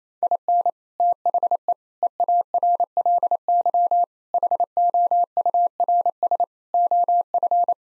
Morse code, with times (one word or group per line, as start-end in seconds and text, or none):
0.2-0.7 IN
1.0-1.7 THE
2.0-4.0 EARLY
4.3-6.4 HOURS
6.7-7.7 OF